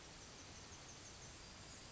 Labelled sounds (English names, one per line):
Yellowhammer song